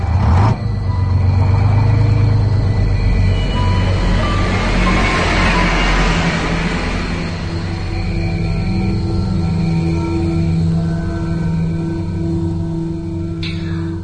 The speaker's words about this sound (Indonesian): Setelah itu bis pun pergi berlalu.